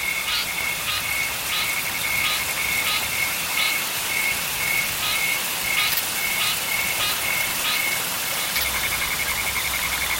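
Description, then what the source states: Frogs croak in repeated short bursts beside a high pulsing trill, over steady rain hiss. Frogs at a pond in the rain, with insects.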